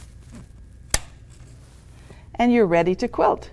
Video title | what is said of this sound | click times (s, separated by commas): Bobbin and Tension Maintenance | and then it needs to snap into place, and you're ready to | 0.9 s